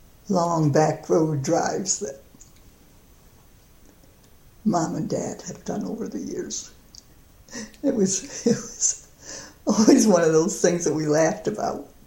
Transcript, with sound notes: long back road drives that mom and dad have done over the years. [laughs] It was always one of those things that we laughed about